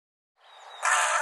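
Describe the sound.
Bird starts a rough, rasping call that builds into a loud harsh note and is cut off at the end.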